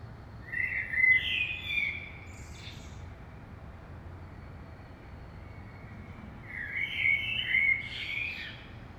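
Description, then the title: Common blackbird song: a rich fluted phrase ending in high twitters, a pause of several seconds, then another mellow warbling phrase with squeaky flourishes; steady low hiss behind. Saint-Gilles, Belgium; early morning; recorded with DPA 2006c microphones in AB stereo into a Zoom F3. "Saint-Gilles, Belgique - Blackbird - Merle"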